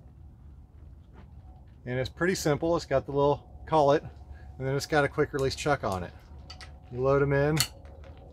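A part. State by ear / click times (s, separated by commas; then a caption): not seated / none. Someone talks while a metal weeder hoe attachment shaft is handled at the quick-release collet chuck on a long-handle garden tool, with a few faint short ticks near 7.9, 8.0 and 8.2 seconds. Nothing has seated or clicked into place yet.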